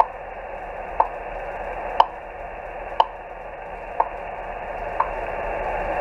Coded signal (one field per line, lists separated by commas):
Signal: radio time signal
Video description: Time signals are used to correct vessel chronometer time